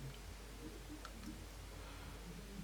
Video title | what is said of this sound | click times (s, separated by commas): Revell 1/32 Messerschmitt Bf110 C-2 Part 6 (Full Build) | on like so. Very tight fit click. Can you hear that? | 1.1 s